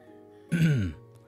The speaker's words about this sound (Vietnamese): Ngay cả đến giáo viên trên bục cũng không nhịn được nữa, ho khan hai tiếng.